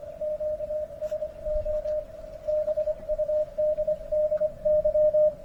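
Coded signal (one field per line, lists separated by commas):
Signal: Morse code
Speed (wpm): 26 wpm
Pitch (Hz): 610 Hz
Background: radio noise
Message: QSO BUDDY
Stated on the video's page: CW POTA activation and CWops CWT contest run on a KX2 at 5 watts QRP.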